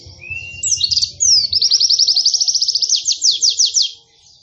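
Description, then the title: White-eye song: a short whistle and twitter leading into a long, fast, high trill of buzzy slurred notes lasting over two seconds. Pleci singing actively (gacor), in the nembak panjang style of long rapid trills, with canary-like (kenarian) phrases. "Pleci Gacor. Pleci Nembak Panjang Istimewa Full Kenarian SobekSobek"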